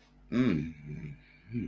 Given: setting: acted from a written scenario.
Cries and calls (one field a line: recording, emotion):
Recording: vocal sound without words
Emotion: romantic love